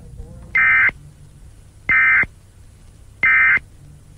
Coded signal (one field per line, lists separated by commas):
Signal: Emergency Alert System (SAME) tones